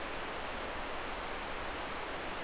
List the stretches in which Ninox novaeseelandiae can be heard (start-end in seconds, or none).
none